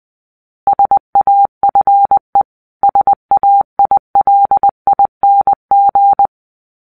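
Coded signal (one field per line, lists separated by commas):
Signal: Morse code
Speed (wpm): 20 wpm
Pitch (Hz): 800 Hz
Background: none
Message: SAFE SAILING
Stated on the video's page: Morse code sounds for each letter A to Z, played as telegraph-key beeps, with a quiz.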